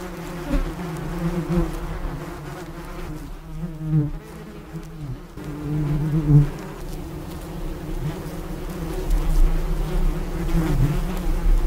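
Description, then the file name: Bee buzz: a steady low drone with wavering pitch, growing louder toward the end with small surges in intensity. "Abeille"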